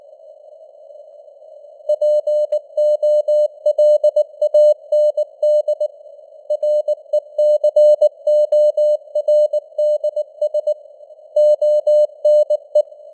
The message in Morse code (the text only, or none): POLAND RECORDS ONE